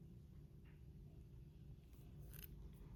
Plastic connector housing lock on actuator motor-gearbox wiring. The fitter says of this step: but just push it in until it snaps down.